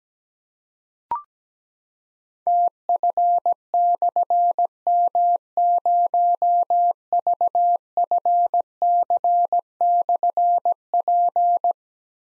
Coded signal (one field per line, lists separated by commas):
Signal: Morse code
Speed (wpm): 17 wpm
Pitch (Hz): 700 Hz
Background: none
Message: TF/M0VFC/P